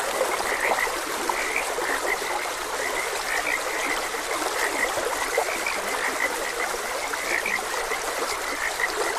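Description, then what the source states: Croaking frogs fill the scene in an unbroken chorus of rapid chirps, backed by steady running water. Frogs croaking beside a gentle stream.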